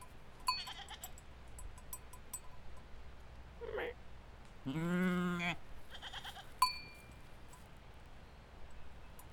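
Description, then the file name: Goat bleating once, a short, nasal bleat near the middle, with bells clinking before and after and a faint, brief cry just before it. Goats, Soča. "Soca Goats"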